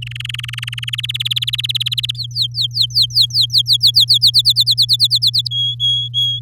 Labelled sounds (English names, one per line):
Domestic Canary song